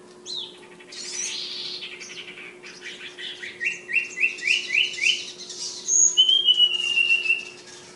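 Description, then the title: Flowerpecker song: thin high twittering, then a run of five quick rising slurred notes and a long high whistle fading into a descending trill, over a steady low hum. Bird named Ababil, from Kudus. "Tledekan/Sulingan ABABIL"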